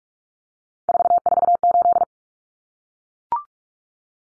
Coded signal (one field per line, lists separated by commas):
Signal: Morse code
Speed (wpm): 44 wpm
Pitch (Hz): 700 Hz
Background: none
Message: 448